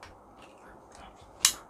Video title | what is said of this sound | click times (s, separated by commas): Ulanzi SK-04 ขาตั้งกล้อง ขาตั้งมือถือ ไม้เซลฟี่ คุณภาพดี Selfie Stick tripod | ดันแน่นล็อกดังแก๊กก็คือนั่นมันจะอยู่ล็อกของมันแหละอัน | 1.5 s